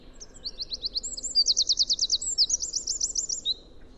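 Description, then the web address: Bird song of high, fast repeated notes in three joined trill sections, ending with a short thin note. "cianscape birddata Deverinetal 2025 File origin Bird Only"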